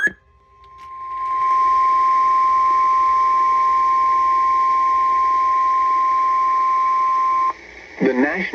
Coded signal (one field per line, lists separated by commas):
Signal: Emergency Alert System (SAME) tones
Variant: 1050 Hz attention tone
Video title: EAS #876 Severe Thunderstorm Warning